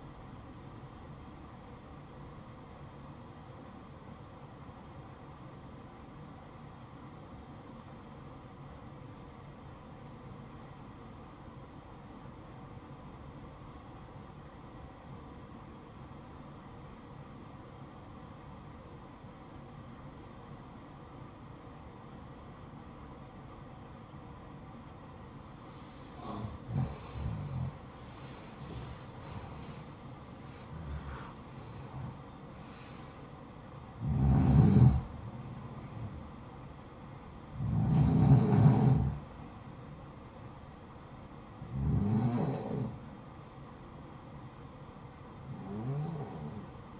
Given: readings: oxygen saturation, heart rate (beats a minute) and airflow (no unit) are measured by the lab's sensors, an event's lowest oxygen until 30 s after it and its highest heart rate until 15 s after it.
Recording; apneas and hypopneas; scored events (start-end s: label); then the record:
breathing in sleep by a smartphone at the bedside; 1
5.00-27.50 s: obstructive apnea (REM, oxygen 95% highest, then 90% lowest, heart rate 58 at the start, 80 highest)
From the record:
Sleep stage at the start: REM sleep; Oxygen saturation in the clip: 90 to 95%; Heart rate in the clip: 56 to 80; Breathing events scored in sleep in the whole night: 573 in 9.8 hours asleep